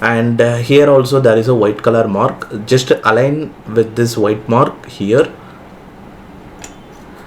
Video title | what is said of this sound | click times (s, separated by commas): Vivo X200 Ultra Photography Kit Unboxing, How to Setup & Zoom Test with Teleconverter Lens | and just rotate it in a clockwise. You will get a click sound. | 6.6 s